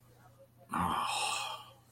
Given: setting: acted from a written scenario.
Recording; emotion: vocal sound without words; sympathy